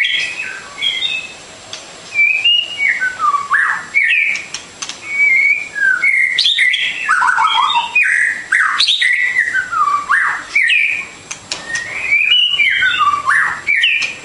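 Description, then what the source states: Bird song of chattering whistles and downward slurs, with rapid chirps and mixed phrases and a few brief pauses. Complete masteran birdsong for training.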